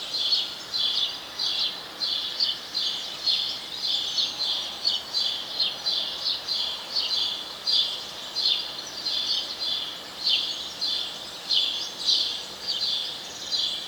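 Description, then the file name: House sparrow chirps, quick high notes repeated roughly every two-thirds of a second with uneven spacing over a faint steady hiss. "Passer domesticus"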